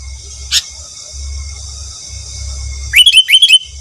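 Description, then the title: Sooty-headed bulbul song, a quick bubbly burst of rising whistled notes near the end, after a single sharp click, over a low hum and steady hiss. "Kutilang"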